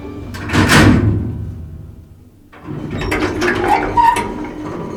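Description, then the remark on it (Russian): Elevator doors slide open with a loud mechanical whoosh and rumble, a brief pause, then a longer rattling, scraping glide with faint clicks and a soft tonal squeak. “После небольшой паузы двери раздвинулись, и внутри второго лифта оказалось еще одно огромное, морщинистое, скользкое, зеленовато-коричневое, глазастое яйцо.”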